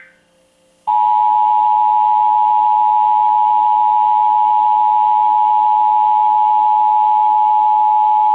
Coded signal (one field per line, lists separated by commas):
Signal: Emergency Alert System (SAME) tones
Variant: 853 and 960 Hz attention tone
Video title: Required Monthly Test - 10/02/19 (EAS #1,987)